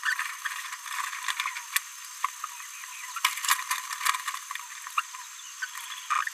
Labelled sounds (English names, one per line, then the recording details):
Green-rumped Parrotlet babbling
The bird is a female
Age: 27 days
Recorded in a nest box in Venezuela
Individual 17B73B3